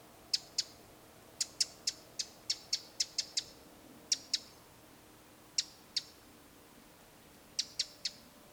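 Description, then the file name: Eurasian wren producing crisp, high tick notes, some in a longer rapid run, others in pairs or threes, with short silences between. "Troglodytes troglodytes"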